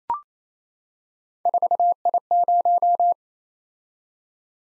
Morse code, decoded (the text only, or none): 4I0